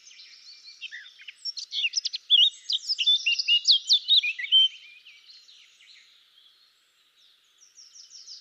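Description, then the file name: Eurasian blackcap quietly chattering, then breaking into a loud rich warble of quick varied notes before dropping back to soft scratchy sounds. "Sylvia atricapilla"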